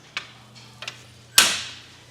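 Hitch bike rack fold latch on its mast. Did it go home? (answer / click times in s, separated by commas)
yes / 1.4 s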